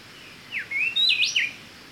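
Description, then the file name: Speckle-breasted wren giving a single quick phrase of clear whistled notes, sliding down, then up and down in pitch, over a steady background hiss. "Pheugopedius sclateri - Speckle-breasted Wren"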